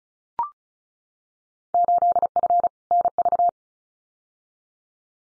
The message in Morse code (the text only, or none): 8F NV